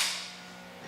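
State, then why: Not seated. A battery pack is handled against a cordless electric screwdriver or drill as it is being fitted, with a faint scrape at the start that fades into a low steady hum. The pack has not clicked in or seated yet, and the switch has not been set to lock.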